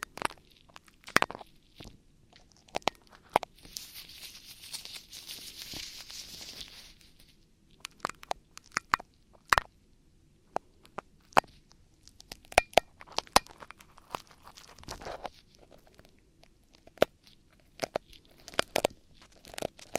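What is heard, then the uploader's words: Ear cleaning sounds: sharp irregular clicks and crackles scattered throughout, with a soft bright rustling swell from about two to seven seconds. ASMR Ear Cleaning For The Strongest Tingles [ NO TALKING ].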